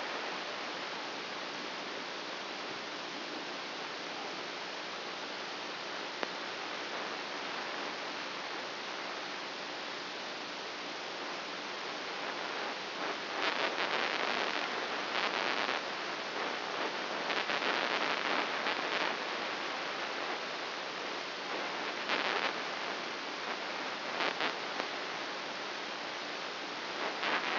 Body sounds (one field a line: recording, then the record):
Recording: brain microelectrode recording played as sound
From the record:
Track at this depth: inside the subthalamic nucleus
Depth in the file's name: 2.005 mm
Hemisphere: right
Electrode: 2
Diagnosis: Parkinson's disease